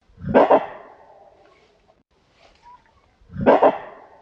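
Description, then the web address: Gorilla barks: two short, harsh, explosive barks about three seconds apart, the first trailing off into a reverberant tail. Barking with echoes. "SFXSource AOS Gorilla Barking Echoes"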